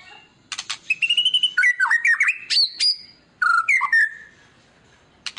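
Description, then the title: White-rumped shama with a quick burst of harsh clicks, a level whistle, then tumbling twisted notes and a short whistled phrase. Song used as a lure to make other birds respond; described as a lively, constantly singing bird. "PANCINGAN MURAI BATU GACOR"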